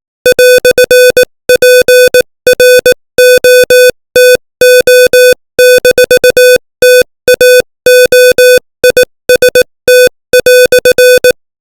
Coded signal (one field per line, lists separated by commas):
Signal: Morse code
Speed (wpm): 18 wpm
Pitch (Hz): 500 Hz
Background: music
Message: "PROTO-TAOIST"